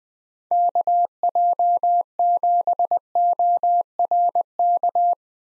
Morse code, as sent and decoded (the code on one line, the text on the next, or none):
-.- .--- --... --- .-. -.-
KJ7ORK